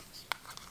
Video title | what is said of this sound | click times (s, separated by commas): The Coolest iPhone 15 Pro Case! Spigen C1 Classic | just snaps it in | 0.3 s